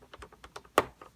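A curved plastic spring piece is pressed onto the inside of a face shield frame, making it curve around the face. A few light plastic ticks are followed by a sharp, loud snap at 0.8 s as the piece seats, then one softer tick. The spring piece is snapped onto the shield.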